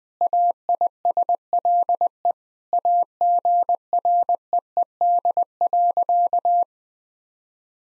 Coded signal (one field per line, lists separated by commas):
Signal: Morse code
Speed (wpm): 20 wpm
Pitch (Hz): 700 Hz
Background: none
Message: AISLE AGREED.